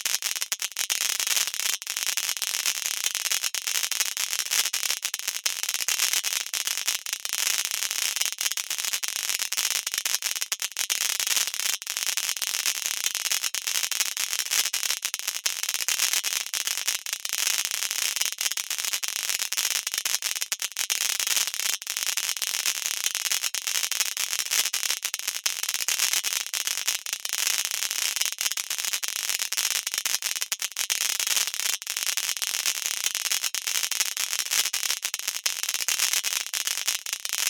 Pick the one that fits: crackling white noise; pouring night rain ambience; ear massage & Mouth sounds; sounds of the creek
crackling white noise